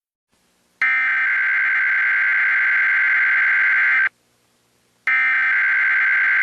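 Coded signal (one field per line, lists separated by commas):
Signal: Emergency Alert System (SAME) tones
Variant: header bursts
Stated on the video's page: Fan-made recreation of a Required Weekly Test during a PBS Kids program break.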